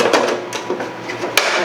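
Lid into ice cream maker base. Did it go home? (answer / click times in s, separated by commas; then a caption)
yes / 1.4 s. The lid is fitted onto the ice cream maker base after the freezer bowl has been set in, with some faint handling knocks along the way. A sharp click at 1.4 s marks the lid locking in place, confirmed as seated.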